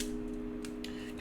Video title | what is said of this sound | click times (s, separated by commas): [Out Of Box] MGEX Strike Freedom Unboxing and Review #Review #GunplaReview #Gundam | you pull it down until you hear a click after you click it uh you try your best to flip | 0.6 s, 0.8 s